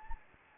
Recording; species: mosquito wingbeat signal from an infrared sensor; Anopheles gambiae